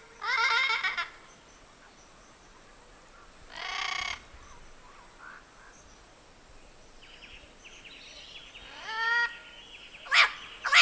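Bird calls in harsh, harmonic bursts about a second long, heard near the start, around four seconds and near nine seconds, then two sharp high notes at the end over steady background hiss.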